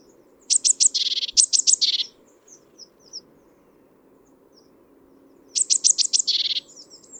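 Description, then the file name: Great tit producing two bouts of rapid sharp high notes that merge into a harsh scolding churr, separated by a few faint thin notes, over a low hum. "Parus major"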